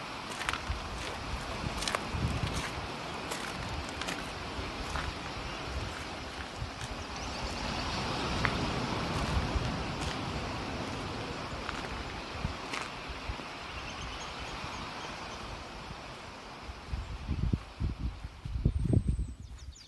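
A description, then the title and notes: Outdoor sound from the bay of Camas Tuath on Mull: a steady windy rush with scattered knocks and clicks, and heavier thumps near the end. Recordings he made in the bay of Camas Tuath on the Isle of Mull, Scotland.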